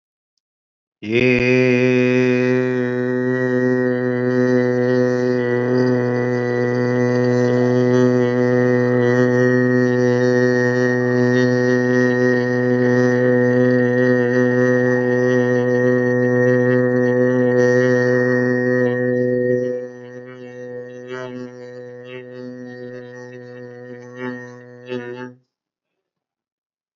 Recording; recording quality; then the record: sustained vowel as in made; excellent, no background noise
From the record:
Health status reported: respiratory illness, not identified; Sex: male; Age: 30 years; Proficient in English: yes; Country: India